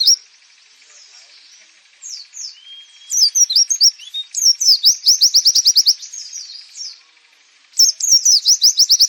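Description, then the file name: White-eye song: high, sweet twittering notes and a thin drawn-out whistle, then fast bursts of rapid chattering trills between pauses. Nembak, a rapid song style used for training birds. "suara pleci nembak"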